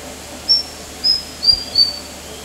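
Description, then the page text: White-throated fantail giving four sharp, very high thin whistles, each slightly lower than the last, against faint steady hiss. Recorded at park headquarters, Kinabalu Park, Borneo, on 14 August 2009. "Sound of White-throated Fantail at HQ, Kinabalu Park"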